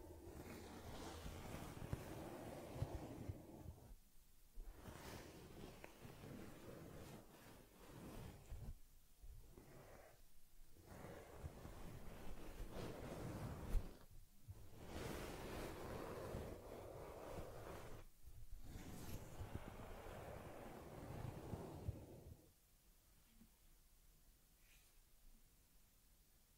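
Teddy's care session brings dense, rough rubbing and brushing sounds in uneven strokes with brief pauses, fading to quiet near the end.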